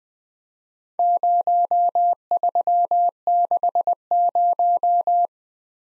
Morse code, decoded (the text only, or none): 0360